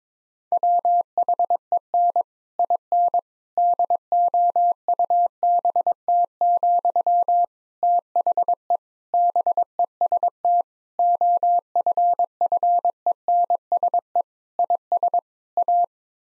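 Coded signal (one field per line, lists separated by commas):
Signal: Morse code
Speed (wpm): 22 wpm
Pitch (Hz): 700 Hz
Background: none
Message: WHEN IN DOUBT, THE BEST OFFENSE IS A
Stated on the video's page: Morse practice at 22 wpm: difficult sentences with contextual hints as priming for copying.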